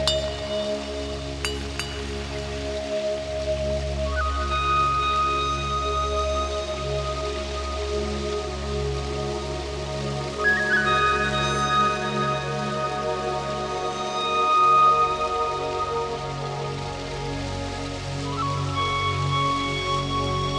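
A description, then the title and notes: Electronic ambience holds a steady, dense low drone with sustained tones, while soft rain-like patter runs throughout and brighter glinting notes enter around 4, 10 and 18 seconds. Eternal Spring Of The Chalice Well. Electronic Ambience and the sounds of nature recorded in the timeless Isle of Avalon.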